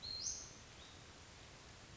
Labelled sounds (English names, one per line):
Western Flycatcher